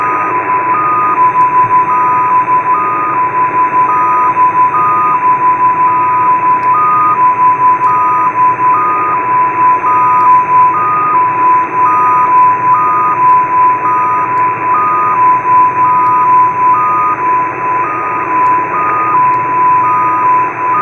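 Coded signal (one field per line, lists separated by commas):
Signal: numbers station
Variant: XPA2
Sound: steady 1 kHz tone with a second higher tone switching on and off, over hiss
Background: radio static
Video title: XPA2 7684kHz 16:20 UTC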